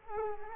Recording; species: mosquito wingbeat signal from an infrared sensor; Culex quinquefasciatus